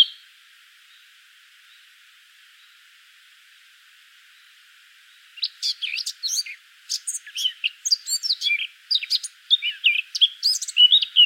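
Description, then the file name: Eurasian blackcap song: after about five seconds of quiet, a rapid, varied warble of scratchy and fluty notes runs to the end, growing louder. "Sylvia atricapilla"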